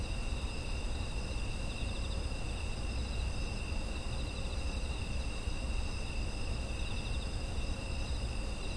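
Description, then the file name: Insects calling in a constant shrill chorus, layered trills with slight pulsing, backed by steady low-frequency background noise. Autumn insect environmental ambience. "秋の虫の環境音"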